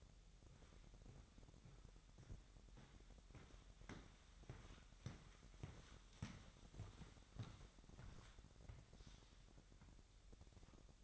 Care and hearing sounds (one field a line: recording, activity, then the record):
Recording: daily activity, microphone in the room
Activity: walk to room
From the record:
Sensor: 3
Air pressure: 1012.2 hPa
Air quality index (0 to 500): 146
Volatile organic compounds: 2 ppm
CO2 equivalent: 1116 ppm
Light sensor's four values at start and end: 138/329/136/126 and 135/322/133/123